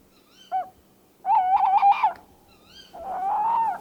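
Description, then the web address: Tawny owl hooting: a short hoot, then a loud wavering run of quavering notes, and a long drawn-out hoot to finish. "STRIX-ALUCO eurasian-tawny-wood-owl"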